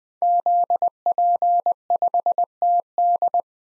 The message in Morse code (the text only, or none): ZP5TD